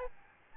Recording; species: mosquito wingbeat signal from an infrared sensor; Aedes albopictus